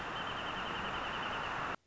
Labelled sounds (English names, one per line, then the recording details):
Wrentit
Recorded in Sonoma County, California